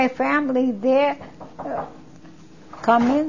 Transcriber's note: knock on door